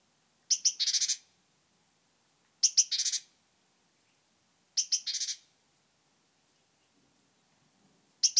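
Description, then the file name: Great tit calls, each a pair of clipped high notes running into a dry buzzy churr, given three times about two seconds apart, with a fourth starting at the end. "Parus major"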